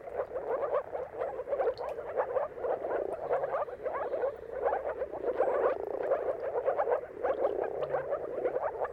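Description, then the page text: Moor frog chorus of overlapping low pulsed calls, continuous bubbling from many frogs. Mating calls of many moor frogs in a dawn chorus at sunrise, at the turn of March and April, timing depending on the weather. "Jakub-Orzecki moor frogs. Dawn’s Chorus: Mating Calls of Marsh Frogs at Sunrise. Depending on the weather at the turn of March and April, you can witness an amazing spectacle of moor frogs"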